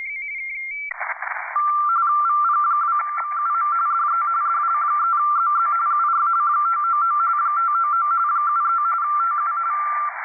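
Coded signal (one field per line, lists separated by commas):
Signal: RTTY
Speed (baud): 45.45 baud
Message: VP2MUM DE DL3ZZ UR 599 599 73 TU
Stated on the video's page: RTTY contest operation on 30 m, keyed by contest software with integrated Cocoamodem.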